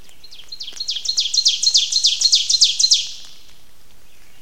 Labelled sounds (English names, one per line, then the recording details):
Ovenbird song
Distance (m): 15 m
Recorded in boreal forest in Alberta, Canada, on 29 May 2016 at 06:04
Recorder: SongMeter 3, array SBT-3-49
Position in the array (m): 71 m, 262 m
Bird 14